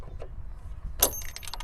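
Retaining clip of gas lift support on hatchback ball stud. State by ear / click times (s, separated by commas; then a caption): released / 1.0 s. While the old gas lift support is being removed from a hatchback, its retaining clip pops off the ball stud with a sharp snap at 1.0 s, over a low background rumble. A few quieter metallic ticks and rattles follow between about 1.3 and 1.6 s, and the support is released.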